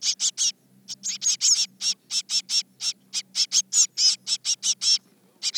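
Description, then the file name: Eurasian blue tit calling with quick runs of high, thin ticking notes, pausing briefly. "Cyanistes caeruleus"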